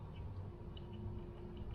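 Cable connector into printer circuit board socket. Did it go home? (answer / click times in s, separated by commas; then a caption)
no / none. A blue-tabbed cable connector is handled as it is pushed back toward its socket on the circuit board of a Canon imageCLASS 249 DW printer during a hinge replacement. Faint handling ticks are heard around 0.8 s and 1.8 s over a low steady hum. Nothing has seated or popped into the socket yet.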